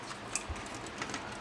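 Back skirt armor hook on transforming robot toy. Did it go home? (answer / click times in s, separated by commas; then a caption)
yes / 0.4 s. A plastic hook on the back skirt armor of a transforming robot toy snaps shut as the armor is swung over on two joints. A sharp click at 0.4 s locks the upper and lower plastic parts together, followed by a softer click around 1.0 s. The armor is seated and locked.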